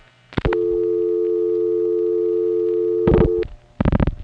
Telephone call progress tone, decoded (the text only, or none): dial tone